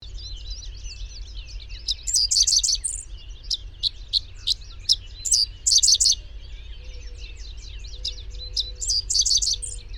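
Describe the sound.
Bird song: bursts of thin, high chirps and rapid trills in loose clusters, loudest around two, six and nine seconds, over a steady low rumble.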